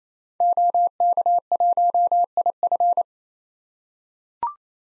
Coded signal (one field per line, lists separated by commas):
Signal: Morse code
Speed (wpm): 28 wpm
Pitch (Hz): 700 Hz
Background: none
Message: OK1IF